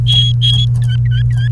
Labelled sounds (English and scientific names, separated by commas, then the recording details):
Domestic Canary (Serinus canaria) song
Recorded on 29 April 2018 at 11:39
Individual llb3